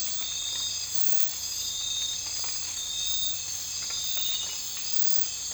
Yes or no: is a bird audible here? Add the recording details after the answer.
no. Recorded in dense forest near Puerto Asís, Putumayo, Colombia, on 19 March 2025 at 00:00. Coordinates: 0.484, -76.317. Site G064